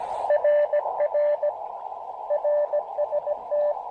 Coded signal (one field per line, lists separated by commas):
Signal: Morse code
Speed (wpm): 18 wpm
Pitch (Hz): 600 Hz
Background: radio noise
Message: RR RST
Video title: QRP & Tea: Pairing the Elecraft KX2 & AX1 under shelter at Tuttle Educational State Forest